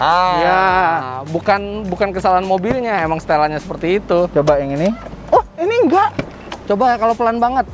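A car door latch is being handled against its striker as the door is eased toward closing very slowly, to check whether the latch gives one more click. Someone talks throughout, and the latch has not seated or clicked yet by the end of the clip.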